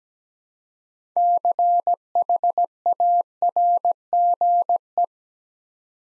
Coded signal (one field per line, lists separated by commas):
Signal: Morse code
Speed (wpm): 17 wpm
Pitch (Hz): 700 Hz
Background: none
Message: CHARGE